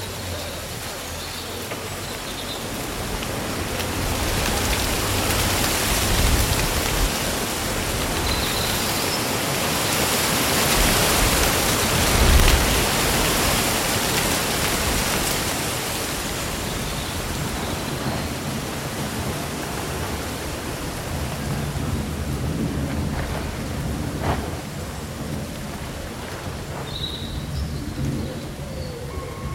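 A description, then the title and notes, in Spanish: On a windy summer day, leaves rustle in a dense, steady hiss that swells in gusts around the middle and eases toward the end. Low wind rumble runs underneath, and brief bird chirps break through now and then, most clearly near the end. Un bosque bañado por el sol.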